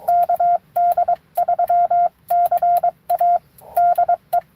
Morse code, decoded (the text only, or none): KD3CA DE